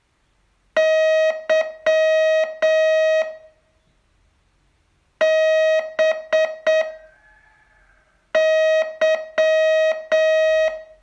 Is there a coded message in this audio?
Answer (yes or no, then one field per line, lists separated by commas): yes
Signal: Morse code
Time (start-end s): 0.8-10.7 s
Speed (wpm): 7 wpm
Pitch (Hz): 630 Hz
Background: none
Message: Y B Y